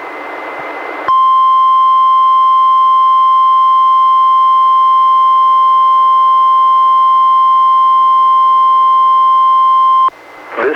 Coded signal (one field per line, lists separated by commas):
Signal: Emergency Alert System (SAME) tones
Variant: 1050 Hz attention tone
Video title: EAS #307-310: 4 NWR Required Weekly Tests- May 22-June 12, 2019